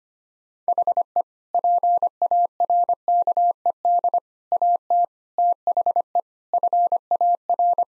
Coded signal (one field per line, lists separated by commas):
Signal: Morse code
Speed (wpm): 25 wpm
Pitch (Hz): 700 Hz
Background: none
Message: HE PARKED AT THE FAR